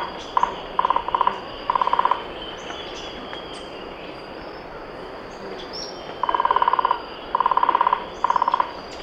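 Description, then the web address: Rufous-breasted piculet giving short, rapid rattling bursts of evenly spaced pulses, several in quick series, then a pause and more bursts, over a steady background hiss. Recorded in Ecuador. "Birds of Ecuador. Rufous-breasted Piculet"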